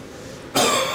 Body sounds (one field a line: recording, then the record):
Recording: coughing mixed with background sound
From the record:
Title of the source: Mid-morning Winter Coughing Fit